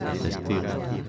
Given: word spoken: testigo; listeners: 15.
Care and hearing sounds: one Spanish word in noise, from a listening test; eight-talker babble; -1.0 dB; 2 of 15; 6 of 15; 0.69 s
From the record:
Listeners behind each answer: 6, 2, 1, 1, 1, 1, 1, 1, 1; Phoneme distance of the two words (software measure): 27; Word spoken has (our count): 3 syllables, 7 phonemes, stress on syllable 2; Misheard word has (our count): 2 syllables, 6 phonemes, stress on syllable 2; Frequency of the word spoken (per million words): 30.67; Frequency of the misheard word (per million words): 10.85

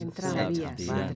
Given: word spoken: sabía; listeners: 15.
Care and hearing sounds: one Spanish word in noise, from a listening test; four-talker babble; -2.7 dB; 0 of 15; 8 of 15; 0.75 s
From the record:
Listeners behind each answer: 8, 2, 2, 1, 1, 1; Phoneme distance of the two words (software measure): 65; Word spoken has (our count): 3 syllables, 5 phonemes, stress on syllable 2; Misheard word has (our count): 3 syllables, 8 phonemes, stress on syllable 2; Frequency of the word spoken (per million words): 123.71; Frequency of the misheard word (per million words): 8.04

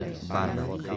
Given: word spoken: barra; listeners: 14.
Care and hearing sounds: one Spanish word in noise, from a listening test; eight-talker babble; -0.2 dB; 0 of 14; 6 of 14; 0.57 s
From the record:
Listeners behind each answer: 6, 3, 1, 1, 1, 1, 1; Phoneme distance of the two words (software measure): 17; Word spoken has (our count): 2 syllables, 4 phonemes, stress on syllable 1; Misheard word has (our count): 1 syllable, 3 phonemes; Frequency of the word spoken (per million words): 21.70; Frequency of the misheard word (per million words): 218.91

